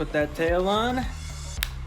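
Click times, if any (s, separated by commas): 1.6 s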